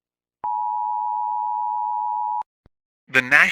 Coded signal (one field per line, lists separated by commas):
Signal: Emergency Alert System (SAME) tones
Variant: 853 and 960 Hz attention tone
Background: speech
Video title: EAS Scenario 3: Pure Insanity (Part 1)